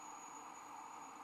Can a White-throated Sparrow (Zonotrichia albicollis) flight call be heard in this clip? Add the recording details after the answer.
no. No flight call is heard. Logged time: 04:47 on 19 December 2014